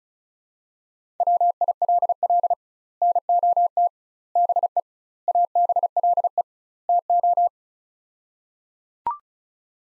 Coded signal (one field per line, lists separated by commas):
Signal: Morse code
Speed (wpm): 36 wpm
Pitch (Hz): 700 Hz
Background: none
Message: WILL NOT BE ABLE TO